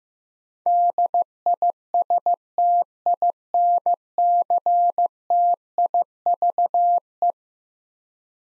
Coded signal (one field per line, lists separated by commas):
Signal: Morse code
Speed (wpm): 15 wpm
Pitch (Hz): 700 Hz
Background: none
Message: DISTINCTIVE